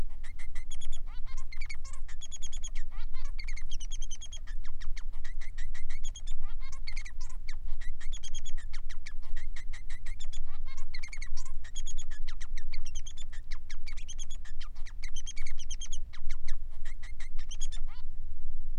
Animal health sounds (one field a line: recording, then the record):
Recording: song of a male Bengalese finch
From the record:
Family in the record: son of father 3